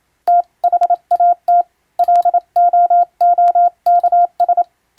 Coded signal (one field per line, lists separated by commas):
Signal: Morse code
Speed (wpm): 27 wpm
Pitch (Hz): 700 Hz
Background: none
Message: THAT LOOKS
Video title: 【船舶通信士】懐かしい船舶通信士が打つ欧文無線電報！無線通信士の国家試験の練習です。今でもモールスの実技試験があります。アマチュア無線の受信トレーニングにどうぞ morse code practice